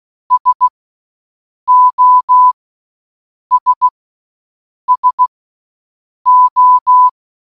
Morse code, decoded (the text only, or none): SOS SO